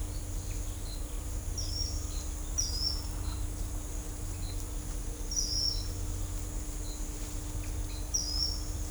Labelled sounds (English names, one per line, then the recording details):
Ochre-lored Flatbill
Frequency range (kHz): Ochre-lored Flatbill 4.4-6.2 kHz
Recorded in shrubland near Pivijay, Magdalena, Colombia, on 2 June 2023 at 08:00
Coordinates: 10.453, -74.365
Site P5-G022